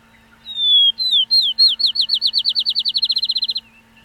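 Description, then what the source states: Field sparrow song: a few slow, clear downslurred whistles that speed up into a rapid, even trill of many notes; steady low hum behind. Played as a recording; described as sounding like someone dropping a ping pong ball, or like 'hey, hey, butter, butter, butter'.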